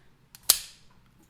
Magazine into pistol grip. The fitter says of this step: extremely positive click when the magazine actually engages so there's